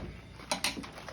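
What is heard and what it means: A DIY tool slipped onto the neck of a box-wine bag, over a plastic tap valve with ears, is pushed down on a hard surface. Two sharp pops at 0.5 s and 0.6 s mark the valve popping loose from the bag fitment, followed by fainter ticks near 0.8 s and 1.1 s. The valve is released.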